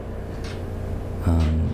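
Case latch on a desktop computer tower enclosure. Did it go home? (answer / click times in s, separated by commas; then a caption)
no / none. The metal case latch on a Mac Pro A1186 (2006 and 2008) desktop tower is being pushed closed after the side enclosure panel is put back on. Someone talks over a steady low hum, which rises louder near the end. The latch is still being handled, and nothing has seated or clicked yet.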